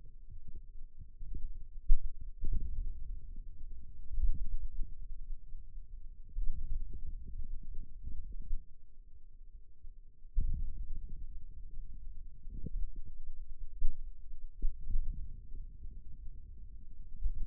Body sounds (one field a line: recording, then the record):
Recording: forearm muscle sounds (acoustic myography)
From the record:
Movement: wrist extension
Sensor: system 2, bracelet of six BSWA MPA416 microphones around the upper forearm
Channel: 4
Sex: male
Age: 22 years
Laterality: right